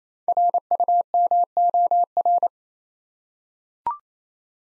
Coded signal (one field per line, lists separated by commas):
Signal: Morse code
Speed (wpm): 27 wpm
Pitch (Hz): 700 Hz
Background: none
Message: RUMOR